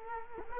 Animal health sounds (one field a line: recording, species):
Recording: mosquito wingbeat signal from an infrared sensor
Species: Culex quinquefasciatus